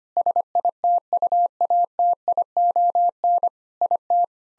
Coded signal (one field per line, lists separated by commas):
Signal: Morse code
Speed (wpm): 25 wpm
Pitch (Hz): 700 Hz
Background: none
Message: SITUATION IT